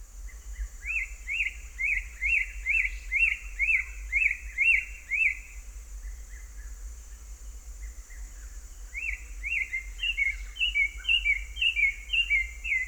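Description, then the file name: African Thrush: a quick run of repeated sharp notes, a pause of a few seconds, then a second rapid run, over a steady high hum. "African Thrush (Turdus pelios)"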